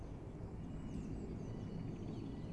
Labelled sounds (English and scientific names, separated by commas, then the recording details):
Eurasian Blue Tit (Cyanistes caeruleus)
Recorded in Germany
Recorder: ecoPi